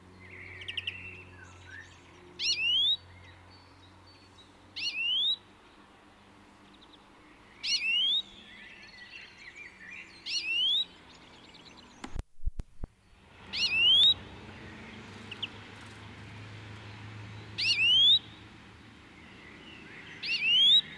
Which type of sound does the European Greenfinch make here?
call